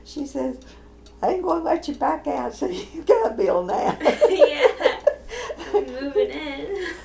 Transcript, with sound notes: she says, “I ain’t gonna let you back out so you gotta build now!” [laughing]
Yeah. Moving in!